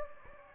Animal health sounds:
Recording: mosquito wingbeat signal from an infrared sensor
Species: Anopheles gambiae

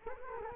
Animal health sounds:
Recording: mosquito wingbeat signal from an infrared sensor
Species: Culex quinquefasciatus

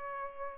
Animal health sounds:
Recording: mosquito wingbeat signal from an infrared sensor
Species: Culex pipiens

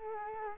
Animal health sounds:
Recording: mosquito wingbeat signal from an infrared sensor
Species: Culex quinquefasciatus

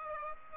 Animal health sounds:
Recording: mosquito wingbeat signal from an infrared sensor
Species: Aedes aegypti

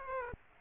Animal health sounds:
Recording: mosquito wingbeat signal from an infrared sensor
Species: Aedes aegypti

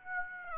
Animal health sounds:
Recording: mosquito wingbeat signal from an infrared sensor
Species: Aedes aegypti

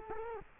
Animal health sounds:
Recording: mosquito wingbeat signal from an infrared sensor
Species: Culex quinquefasciatus

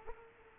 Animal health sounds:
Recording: mosquito wingbeat signal from an infrared sensor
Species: Culex quinquefasciatus

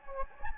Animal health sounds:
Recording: mosquito wingbeat signal from an infrared sensor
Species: Anopheles gambiae

